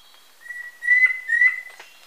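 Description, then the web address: Yellow-breasted antpitta whistled call: two long, even whistles at a steady pitch, the second following closely after the first. Recorded in Ecuador. "Natures Songs S America Birds of Ecuador Yellow-breasted Antpitta"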